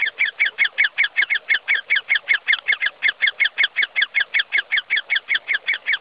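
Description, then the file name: Great spotted woodpecker young beg with rapid, evenly spaced raspy chirps, several each second, forming an unbroken rhythmic chatter. Begging young birds. "Buntspecht (Dendrocopos major), bettelnde Jungvögel"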